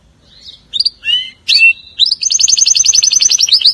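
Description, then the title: Canary song starting with quick slurred chirps, then a fast high trill of rapidly repeated notes. "Kenari"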